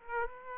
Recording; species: mosquito wingbeat signal from an infrared sensor; Aedes aegypti